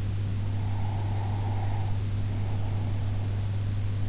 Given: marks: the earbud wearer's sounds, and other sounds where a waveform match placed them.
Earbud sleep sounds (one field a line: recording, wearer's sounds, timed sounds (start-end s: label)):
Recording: sounds in sleep by an in-ear microphone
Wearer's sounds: breath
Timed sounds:
0.48-3.39 s: breath